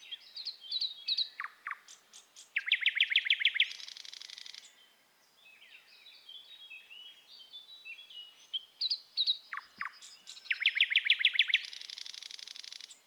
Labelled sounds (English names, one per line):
Thrush Nightingale song